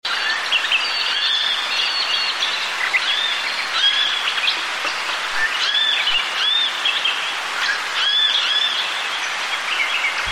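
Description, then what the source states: Birds chirping in a dense chorus, many short whistled notes overlapping continuously, over a steady soft hiss of wind. Birds with gentle wind blowing.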